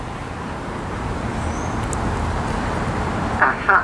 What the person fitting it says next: Aha, I heard the click.